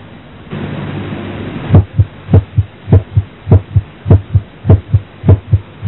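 After a brief hum, a regular two-part heartbeat plays at about 102 beats a minute, with the first sound of each pair noticeably louder and sharper than the second. This loud first heart sound can occur with exertion, hyperthyroidism, fever, increased circulatory flow, or shunts such as ventricular septal defect, atrial septal defect or patent ductus arteriosus.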